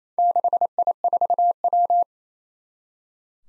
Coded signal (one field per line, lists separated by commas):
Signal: Morse code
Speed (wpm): 28 wpm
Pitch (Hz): 700 Hz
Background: none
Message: 6I4W